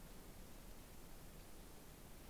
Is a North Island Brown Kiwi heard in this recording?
no